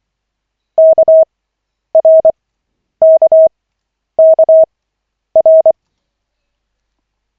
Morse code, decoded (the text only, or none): KRKKR